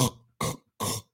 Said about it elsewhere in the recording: If you're living with somebody with sleep apnea, and most of you know this, it sounds like they're dying in the sleep. And then you don't hear nothing. You don't hear a thing. The airway opens back up and you're back to normal.